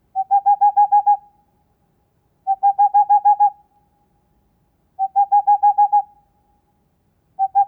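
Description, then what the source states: Tengmalm's owl hooting: short bursts of about seven quick, soft, even hoots on one pitch, repeated roughly every two and a half seconds in a quiet background. Male hooting.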